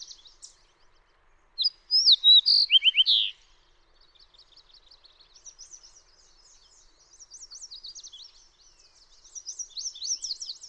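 Fox sparrow song: a loud burst of sweet slurred whistles and quick descending notes lasting under two seconds, with fainter high twittering from other birds before and after.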